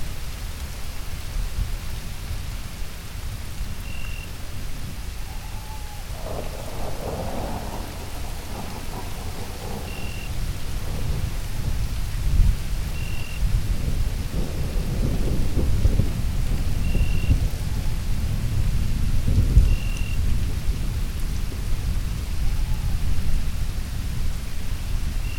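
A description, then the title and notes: Low thunder rumbles and rolls beneath steady rain, swelling louder from around fifteen seconds, with faint short chirps sounding every few seconds. VINEYARD THUNDER • A Thunder in Beaujolais, France.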